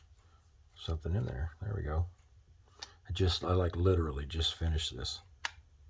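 A component of a scratch-built lightsaber hilt with a neopixel install is handled as it is pushed toward its place in the hilt, while someone talks. A couple of short sharp ticks sound during the handling, but nothing has seated or clicked yet.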